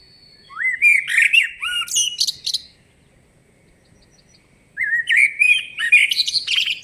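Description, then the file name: Common blackbird song in two phrases: rich rising and falling whistles followed by high, scratchy twittering, separated by about two seconds of silence. "Turdus merula"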